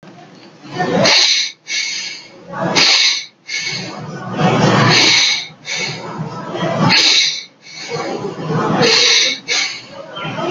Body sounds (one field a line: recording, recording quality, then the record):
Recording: shallow breathing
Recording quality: excellent, no background noise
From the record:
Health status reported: healthy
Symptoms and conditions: none ticked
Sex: male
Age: 21 years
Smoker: not ticked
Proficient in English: yes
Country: India